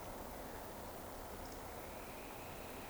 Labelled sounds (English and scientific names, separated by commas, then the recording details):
Eurasian Woodcock (Scolopax rusticola)
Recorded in Baden-Württemberg, Germany, on 16 June 2020 at 20:40 UTC
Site 14569, 102 m above sea level